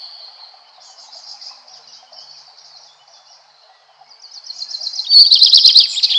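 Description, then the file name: Common Redstart song, soft high notes for several seconds before a loud, rapid twittering phrase bursts in near the end. "Golosa ptic - Gorihvostka lysushka"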